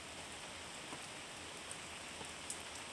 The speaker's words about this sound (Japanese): 雨って嫌なイメージあったけど、汗を流してくれてるみたいで、これは気持ちいい。